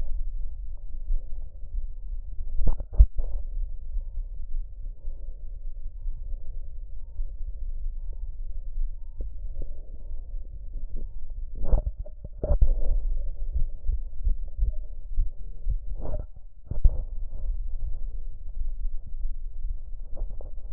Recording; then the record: lung sounds by stethoscope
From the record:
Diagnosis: emphysema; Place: left posterior upper chest